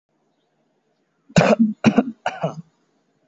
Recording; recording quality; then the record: shallow voluntary cough; excellent, no background noise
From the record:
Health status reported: healthy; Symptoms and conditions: none ticked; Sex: male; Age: 20 years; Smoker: not ticked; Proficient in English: yes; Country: India